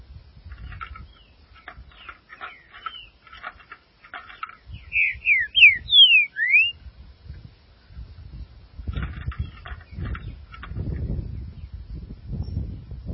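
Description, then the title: Green-winged saltator song: short run of five slurred whistles in the middle, surrounded by clusters of soft clicks and chips and intermittent low rumble. "Trinca Ferro"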